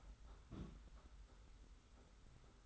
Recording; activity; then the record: daily activity, microphone in the room; place on stove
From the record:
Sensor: 3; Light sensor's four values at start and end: 44/124/50/44 and 44/124/50/44